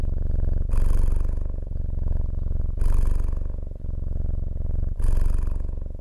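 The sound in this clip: Cat purring, a steady low rumble that swells on each breath, with louder, brighter phases roughly every two seconds alternating with softer ones.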